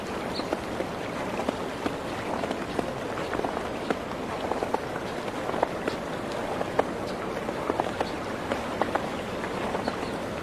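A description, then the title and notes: A river flows quietly in a steady, even wash that fills the whole ten seconds. Over it come dense, irregular small ticks and crackles, like a patter on a surface, scattered throughout without a clear rhythm. A faint high chirp appears near the start. Stepping on the snow, the river is flowing quietly, the birds are chirping.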